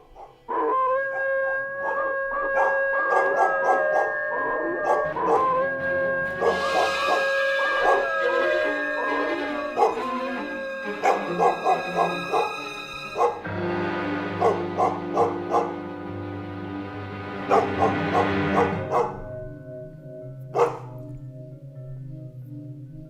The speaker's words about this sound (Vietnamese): Lẫn trong tiếng gió là tiếng của bầy chó ở trong làng cứ sủa lên ầm ầm, rồi nó chu lên kinh người.